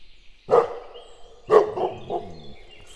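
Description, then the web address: Dog barking: two loud barks about a second apart, the second followed by two softer barks. Recorded outdoors in nature at a tourist lodge. "allathangok termeszetben kutya"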